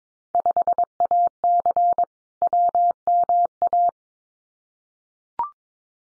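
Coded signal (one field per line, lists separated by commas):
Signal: Morse code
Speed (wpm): 22 wpm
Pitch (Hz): 700 Hz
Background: none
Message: 5AC WMA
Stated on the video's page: Morse code Field Day exchange head-copy drill at 22 wpm, with randomly selected exchanges each sent, spoken, then sent again.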